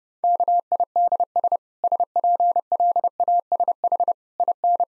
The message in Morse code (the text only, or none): KIDS SPLASH IN